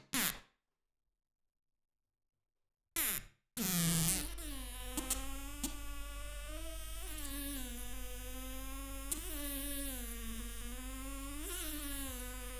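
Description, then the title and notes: Fly wingbeats: a brief burst, a long silence and another burst, then a continuous harmonic buzz that wavers slightly in pitch, with occasional small spikes. Flies stuck on a sticky flypaper trap, beating their wings in desperation; Arlebosc, Auvergne-Rhône-Alpes, France. "Arlebosc, Auvergne-Rhône-Alpes, France - Le requiem des mouches. Le concert/requiem des mouches. Collés sur leur piège de papier gluant, Je capte quelques battements d'ailes de désespoir. Prise de sons : JF CAVRO"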